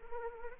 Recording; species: mosquito wingbeat signal from an infrared sensor; Anopheles arabiensis